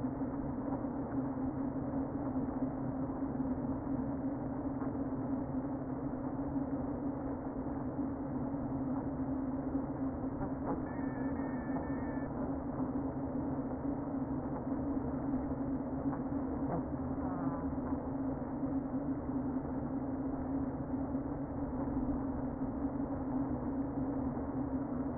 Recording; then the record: honeybee colony, microphone inside the hive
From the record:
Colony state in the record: queen present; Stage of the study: before two queens were removed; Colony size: about 60,000 bees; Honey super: yes